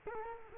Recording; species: mosquito wingbeat signal from an infrared sensor; Culex quinquefasciatus